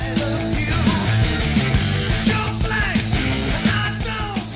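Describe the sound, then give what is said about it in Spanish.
A hard rock song plays loudly and continuously, with dense guitars, steady pounding drum hits and a high, strained sung vocal riding over the thick band sound. “En el mismo disco, en la canción que estamos escuchando”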